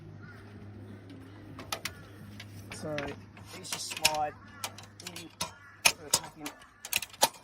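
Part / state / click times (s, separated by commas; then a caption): awning leg into its stowage holder on the camper / not seated / none. A camper awning leg is handled and slid toward its stowage holder on the camper while someone talks, with a series of sharp taps and knocks. The leg is not yet home, and its small spring clip has not clicked in yet.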